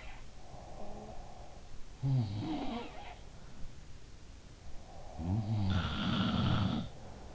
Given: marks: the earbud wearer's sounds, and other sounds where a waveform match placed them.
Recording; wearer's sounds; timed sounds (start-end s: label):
sounds in sleep by an in-ear microphone; breath
0.00-1.14 s: sound from someone else or the room
0.33-1.95 s: breath
1.89-3.94 s: sound from someone else or the room
4.62-7.35 s: breath
5.11-7.35 s: sound from someone else or the room